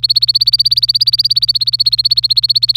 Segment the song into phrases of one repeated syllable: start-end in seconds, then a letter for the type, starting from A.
0.00-2.77 A